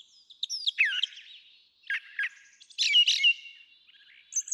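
Brown Thrasher singing a jumble of slurred, squeaky and harsh notes in quick clusters, with short pauses between them.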